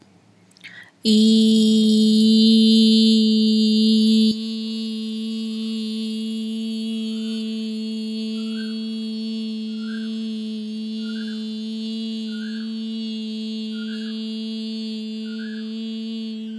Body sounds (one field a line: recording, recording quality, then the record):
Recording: sustained vowel as in beet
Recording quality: excellent, no background noise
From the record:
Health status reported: healthy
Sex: female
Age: 32 years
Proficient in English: yes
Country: India